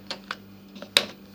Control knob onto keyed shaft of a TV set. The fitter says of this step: pronounce it'll click you feel it clicking as it goes in like that